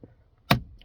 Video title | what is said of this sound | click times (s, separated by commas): passage alimentation du moteur au coffre.. | clipse vous avez entendu et | 0.5 s